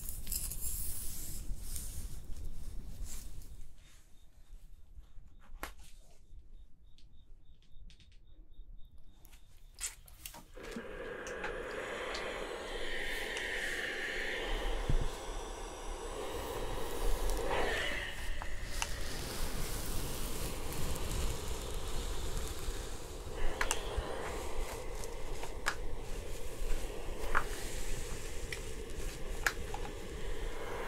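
Hair styling with steam: a rushing hiss fades to near silence around four seconds, then returns dense and steady at ten, with scattered clicks.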